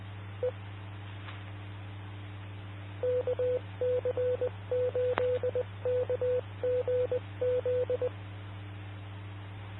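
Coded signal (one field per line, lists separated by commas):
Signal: Morse code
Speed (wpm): 20 wpm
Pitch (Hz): 500 Hz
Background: none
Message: E KC8KGZ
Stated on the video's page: Skywarn ARPSC repeater on 147.260 MHz.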